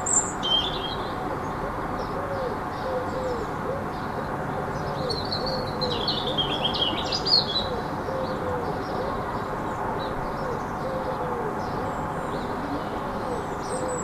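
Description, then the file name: European robin song: thin, high, warbled phrases at the start and again midway, over a steady background hum. In a city, 5 March 2015; recorded on an MZ-N710 MiniDisc recorder. "Rouge-gorge dans la ville 5 03 15"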